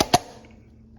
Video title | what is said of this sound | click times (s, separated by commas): Picking Up My Crazy New Race Engine! 1500hp?!! | nice clicked on there. | 0.0 s, 0.1 s